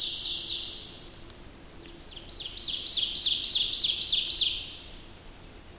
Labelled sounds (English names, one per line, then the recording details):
Ovenbird song
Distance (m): 40 m
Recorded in boreal forest in Alberta, Canada, on 28 May 2016 at 06:15
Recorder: SongMeter 3, array SBT-3-49
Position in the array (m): 89 m, 250 m
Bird 14